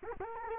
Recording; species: mosquito wingbeat signal from an infrared sensor; Culex quinquefasciatus